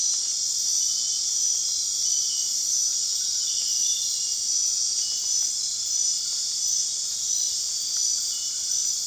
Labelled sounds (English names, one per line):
none